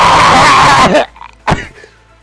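A single loud, sudden adult sneeze: a sharp noisy burst that cuts off abruptly, followed by a brief quieter aftersound.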